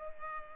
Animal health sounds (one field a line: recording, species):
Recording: mosquito wingbeat signal from an infrared sensor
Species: Culex pipiens